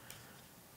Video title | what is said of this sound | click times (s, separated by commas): Autel EVO Lite 6K Enterprise Unboxing | So, you're going to pinch and pull. It's going to pop off. | 0.1 s